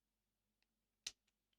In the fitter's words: You hear me click it in, and then just